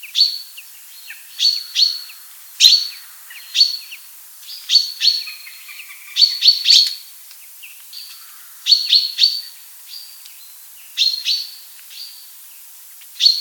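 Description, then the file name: Common chaffinch giving repeated sharp high call notes, often doubled, every second or so, with faint background bird calls. "buchfinke"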